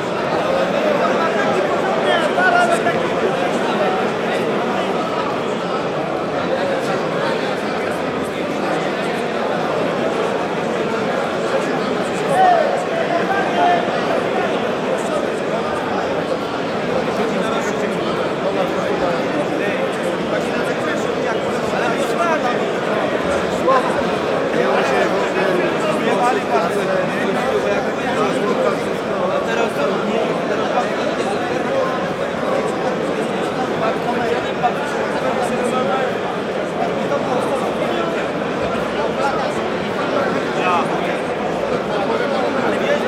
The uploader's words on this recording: Large Echoing Crowd of Happy People.